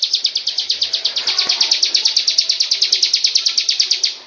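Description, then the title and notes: Bird trill: a steady run of quick, high, sharp notes that fades out at the end, with faint background chirps. "Bird Sound. Kicau Burung Lengkap"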